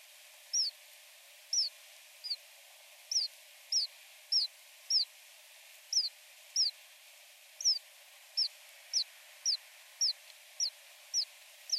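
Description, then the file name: Alpine accentor giving brief high downslurred call notes, repeated irregularly roughly every half second to second, with faint steady hiss behind. Recorded at Norikura on 24 August 2021. "iwahibaric norikura kuroda"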